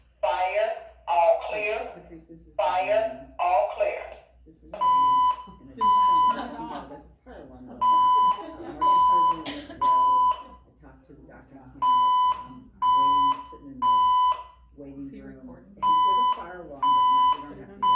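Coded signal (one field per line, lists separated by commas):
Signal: alarm pattern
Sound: half-second 1 kHz beeps repeating between spoken announcement fragments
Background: voice evacuation message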